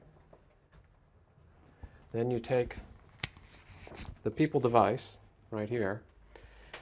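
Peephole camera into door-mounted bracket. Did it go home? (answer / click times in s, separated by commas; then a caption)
yes / 6.4 s, 6.7 s. Someone talks while a smart peephole camera is pressed onto a small bracket already screwed over a door peephole. Two short hits at 6.4 and 6.7 seconds mark the camera snapping into the bracket, and it is seated.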